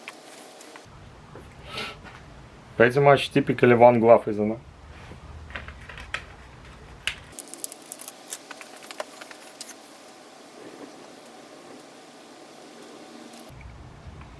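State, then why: Not seated. Someone talks while handling a wedge-base tail light bulb at the plastic socket of a Subaru Outback tail light, and a series of small, sharp plastic ticks follows between about 6 and 9 seconds. Nothing has seated or clicked into the socket yet.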